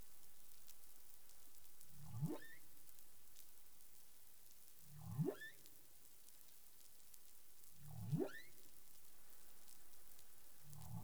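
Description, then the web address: Humpback whale calls, low moans sweeping sharply upward into a high squeal, repeated about every three seconds over a steady underwater hiss. Recorded in the Caribbean on 20 April 2021 at 03:44 UTC. "CARIMAM. humpback whale 20210420 034442 UTC"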